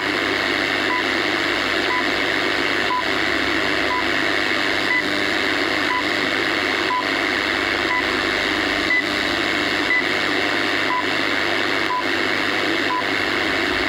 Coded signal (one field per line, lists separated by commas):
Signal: radio time signal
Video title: Time Signal & Air Band #shortwavespectrum